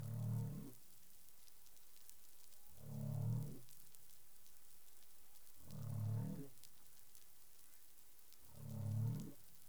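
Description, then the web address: Humpback whale giving four short, low grunting moans at regular intervals of nearly three seconds, with faint higher harmonics. Caribbean; 20 April 2021 at 04:08 UTC. "humpback whale 20210420 040842 UTC"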